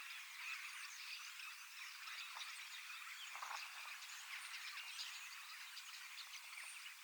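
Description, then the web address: Common starling chorus, a busy mix of buzzy rattles, clicks and thin whistles from many birds, fairly even in loudness throughout. Large flock of young birds practising song in preparation for next spring; recorded 25 August 2026 in Finland. "paivat 25 8 2026 iso kottaraisten nuorisoparvi valmistautuu ensi kevaaseen lauluharjoittelemalla"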